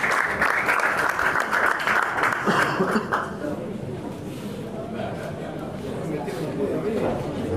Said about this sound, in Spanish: Vamos a recibir a Hernán con un fuerte aplauso